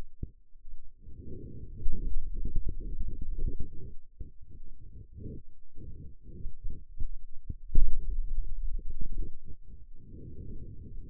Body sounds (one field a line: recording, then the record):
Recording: forearm muscle sounds (acoustic myography)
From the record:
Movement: hand opening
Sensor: system 2, bracelet of six BSWA MPA416 microphones around the upper forearm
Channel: 6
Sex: male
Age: 22 years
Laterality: right